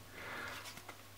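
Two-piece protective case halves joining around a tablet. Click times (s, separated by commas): 0.9 s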